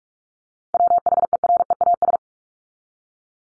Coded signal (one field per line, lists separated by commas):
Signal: Morse code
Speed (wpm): 44 wpm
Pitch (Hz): 700 Hz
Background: none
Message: WHEREAS